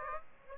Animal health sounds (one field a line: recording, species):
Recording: mosquito wingbeat signal from an infrared sensor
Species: Aedes aegypti